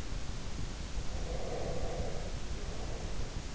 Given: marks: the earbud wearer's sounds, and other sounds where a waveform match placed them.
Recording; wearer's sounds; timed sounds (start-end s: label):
sounds in sleep by an in-ear microphone; breath
1.08-3.48 s: breath